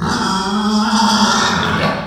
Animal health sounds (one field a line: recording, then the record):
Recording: squeal of a Yucatan mini pig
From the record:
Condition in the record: after surgery on the right vocal fold (resection and tissue-engineered implant)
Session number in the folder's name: 16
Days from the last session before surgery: 183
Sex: female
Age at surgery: 19 weeks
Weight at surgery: 25 kg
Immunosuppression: prednisolone